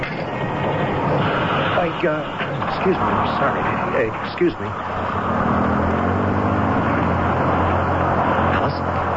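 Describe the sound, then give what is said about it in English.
A city bus engine drones with a steady low rumble beneath continuous traffic noise, while a person briefly asks passengers to step to the rear of the bus. “Step to the rear of the bus, please.”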